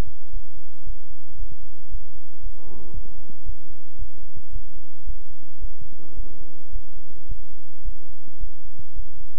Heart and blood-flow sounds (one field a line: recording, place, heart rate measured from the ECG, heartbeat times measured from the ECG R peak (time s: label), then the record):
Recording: heart sounds by stethoscope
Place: between the tricuspid and mitral areas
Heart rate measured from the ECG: 111 bpm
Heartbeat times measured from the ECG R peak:
0.31 s: heartbeat
0.84 s: heartbeat
1.37 s: heartbeat
1.89 s: heartbeat
2.41 s: heartbeat
2.92 s: heartbeat
3.44 s: heartbeat
3.97 s: heartbeat
4.50 s: heartbeat
5.05 s: heartbeat
5.59 s: heartbeat
6.14 s: heartbeat
6.70 s: heartbeat
7.27 s: heartbeat
7.83 s: heartbeat
8.38 s: heartbeat
8.94 s: heartbeat
From the record:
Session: bicycle stress test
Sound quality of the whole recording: good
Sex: male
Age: 26 years